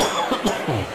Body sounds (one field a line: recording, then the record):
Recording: coughing mixed with background sound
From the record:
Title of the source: Spring Allergy Coughing